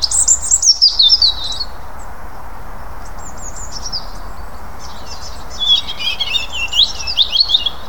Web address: SETE data Erithacus rubecula